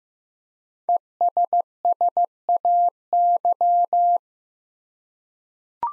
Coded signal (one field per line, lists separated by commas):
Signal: Morse code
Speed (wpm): 15 wpm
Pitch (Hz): 700 Hz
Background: none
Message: ESSAY